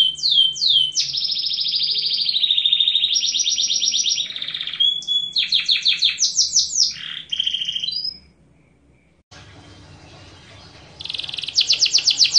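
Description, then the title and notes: Atlantic canary singing long sustained trills and repeated sweeps, pausing into near silence after eight seconds before a fresh rapid trill resumes near the end. Canary (kenari) master song, a tutor recording used for training other canaries to sing. "Suara Burung Kenari Masteran. master suara burung kenari mantap"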